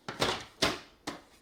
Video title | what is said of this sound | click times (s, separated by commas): Review Kenmore 600 Series Pet Friendly Lightweight Bagged Canister Vacuum with Pet PowerMate, Pop-N- | It snaps right in there. | 0.6 s